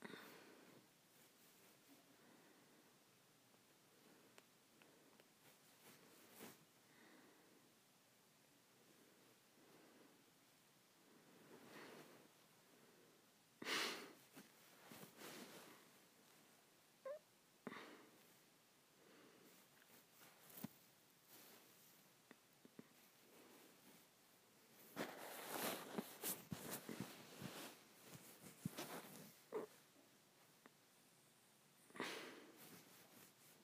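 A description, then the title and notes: Someone scratches their head in irregular rustling bursts, with a short sharp rasp near fourteen seconds and a denser stretch around twenty-six seconds. ASMR Scratching my Head.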